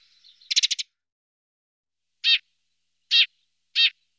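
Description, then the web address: Eurasian tree sparrow gives a short stuttering rattle, then three separate harsh, nasal calls spaced under a second apart. "IVN Zangvogels -Ringmus"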